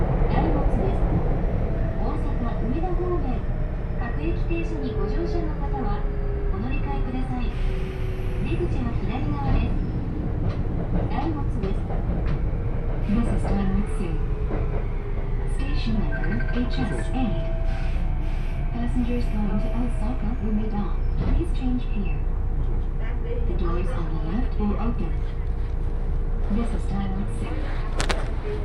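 A train ride recorded on board, with a steady low rumble and rolling rail noise throughout. Voices talk over it, and clicks and knocks from the wheels and carriage keep recurring, with a few brief higher tones drifting in and out.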